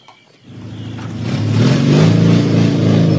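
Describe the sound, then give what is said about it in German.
A motorcycle with a sidecar, standing in a courtyard, starts its engine low, then revs up and holds a loud, rumbling drone with a steady throbbing rhythm and no voices. “Gegen einen kleinen Obolus bekam ich das Motorrad mit Beiwagen für eine kleine Ausfahrt geliehen.”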